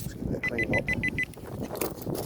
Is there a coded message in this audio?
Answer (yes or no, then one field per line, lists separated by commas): no